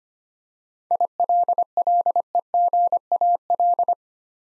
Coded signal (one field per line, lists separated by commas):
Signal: Morse code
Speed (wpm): 25 wpm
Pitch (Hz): 700 Hz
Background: none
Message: ILLEGAL